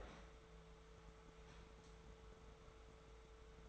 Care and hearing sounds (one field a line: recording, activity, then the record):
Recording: daily activity, microphone in the room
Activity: open fridge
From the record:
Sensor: 3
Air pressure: 1014.9 hPa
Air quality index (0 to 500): 200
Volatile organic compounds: 29 ppm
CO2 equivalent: 2926 ppm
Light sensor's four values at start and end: 37/92/39/42 and 37/92/39/42